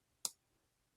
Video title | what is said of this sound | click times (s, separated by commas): Wuben X1 Pro Deep Dive Review | that there is unlocked, and to eject it, you press that, | 0.2 s